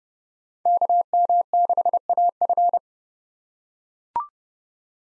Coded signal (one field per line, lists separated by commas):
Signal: Morse code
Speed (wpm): 30 wpm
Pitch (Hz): 700 Hz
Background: none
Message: KM6AF